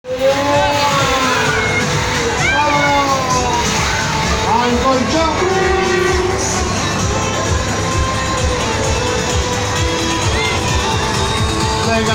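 A fairground during the Cinta festivities, with a dense, steady wash of crowd chatter and voices throughout. Tonal sounds, perhaps music or ride noises, rise and fall over the noise, and a low rumble runs underneath the whole time.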